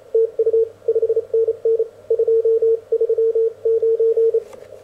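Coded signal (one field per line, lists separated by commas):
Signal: Morse code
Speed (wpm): 30 wpm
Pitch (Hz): 500 Hz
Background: radio noise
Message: TU 5NN 239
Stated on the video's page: Elecraft K1 transceiver with a 2X15m dipole, powered by a 12V gel cell.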